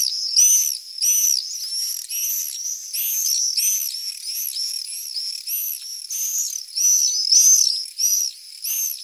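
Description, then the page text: Common swift calls: piercing, trilled screams repeated in rapid bursts, roughly one or two per second, overlapping birds, nothing else audible. Lure call played back to attract swifts to nest boxes and artificial nest sites. "apus apus ansiedeln. Klangattrappe für Schwalben und Mauersegler"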